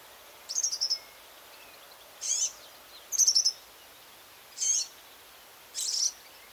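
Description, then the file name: European serin calls, brief jingling buzzy bursts high in pitch, five in six seconds, against faint steady hiss. "csicsorke hangja"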